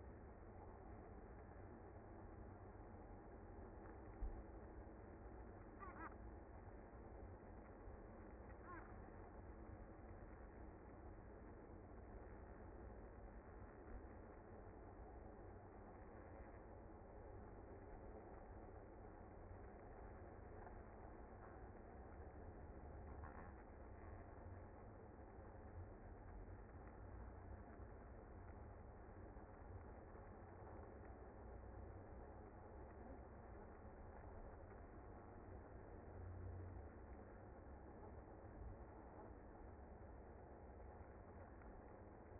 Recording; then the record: honeybee colony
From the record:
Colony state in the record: active